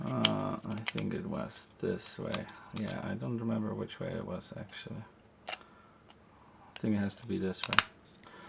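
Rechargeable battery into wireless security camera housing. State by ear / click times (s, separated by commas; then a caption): not seated / none. Someone talks while handling a rechargeable battery, working out its orientation before fitting it into the plastic housing of an Anker Eufy Cam wireless security camera. Soft plastic clicks and rattles of handling are heard between the speech, with a faint brief tick around 6.1 s. Nothing has seated or clicked into place yet.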